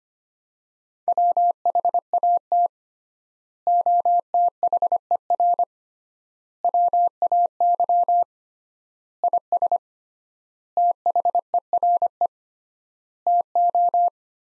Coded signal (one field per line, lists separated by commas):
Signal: Morse code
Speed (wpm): 25 wpm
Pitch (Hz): 700 Hz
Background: none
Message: WHAT OTHER WAY IS THERE TO